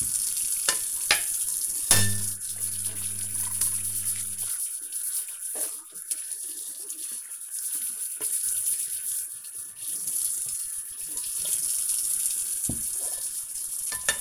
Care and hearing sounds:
household activities, microphone on the right wrist
0.00-14.21 s: washing dishes

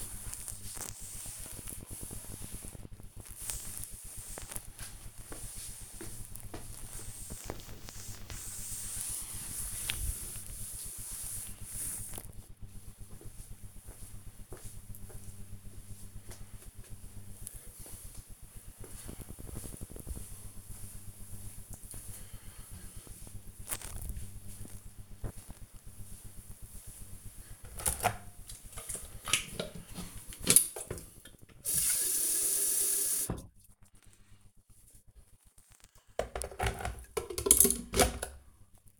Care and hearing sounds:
household activities, microphone on the right wrist
0.00-12.07 s: cleaning table
27.15-39.00 s: making tea

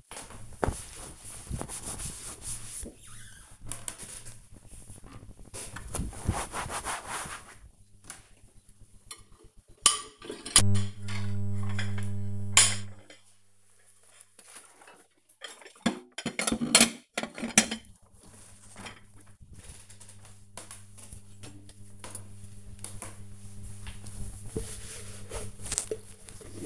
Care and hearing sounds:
household activities, microphone on the right wrist
0.00-26.66 s: cleaning out the dishwasher

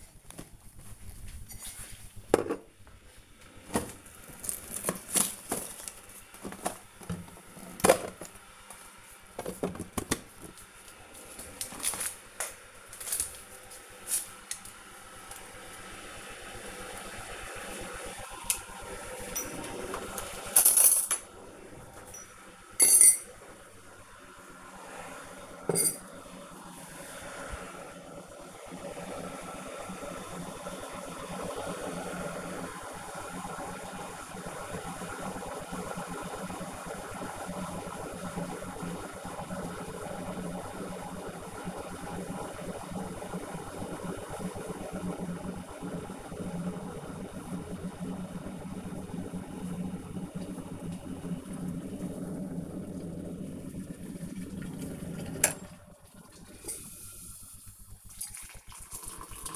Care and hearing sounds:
household activities, microphone on the right wrist
0.00-59.56 s: making tea

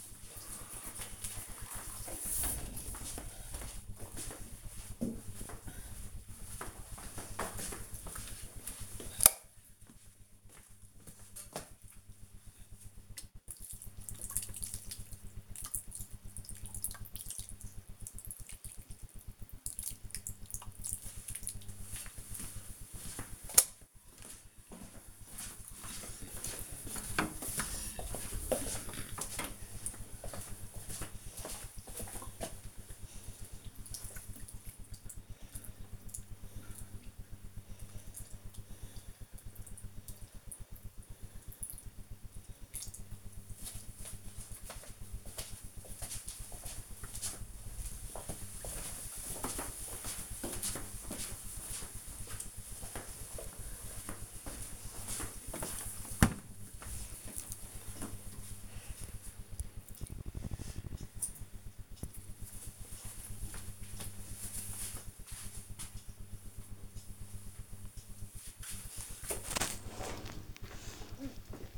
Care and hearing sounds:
household activities, microphone on the right wrist
0.00-43.54 s: watering plant
65.66-71.78 s: cleaning out the dishwasher

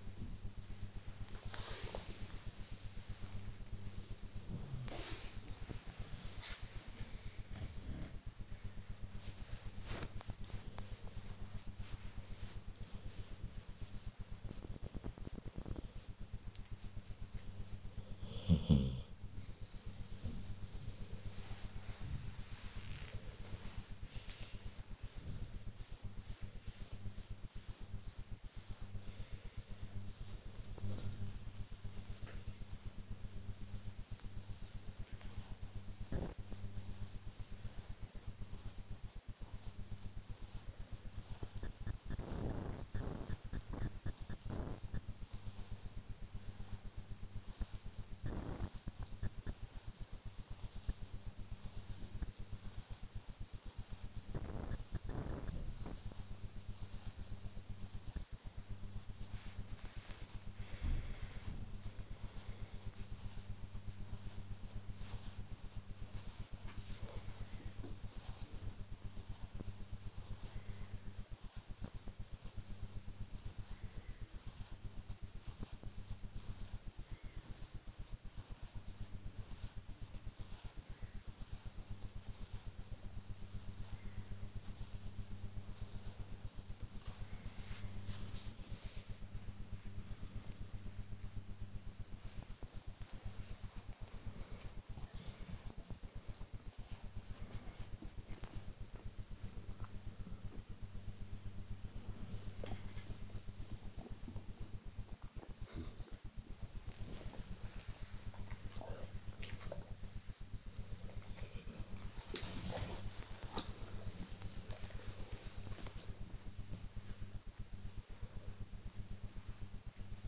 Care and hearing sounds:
household activities, microphone on the right wrist
0.00-75.20 s: petting the dog
76.20-120.27 s: petting the dog

